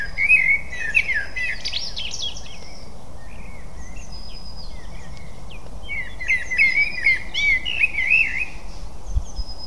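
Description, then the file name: Eurasian blackbird giving fluty warbling phrases at the start and again after six seconds, with quieter notes between, against a steady noisy background. "Turdus merula"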